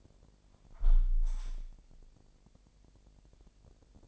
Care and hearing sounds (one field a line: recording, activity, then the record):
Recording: daily activity, microphone in the room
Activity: close window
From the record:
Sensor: 5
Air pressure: 1000.4 hPa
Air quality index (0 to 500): 248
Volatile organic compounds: 35 ppm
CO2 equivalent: 3062 ppm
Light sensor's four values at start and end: 34/78/31/29 and 34/78/31/29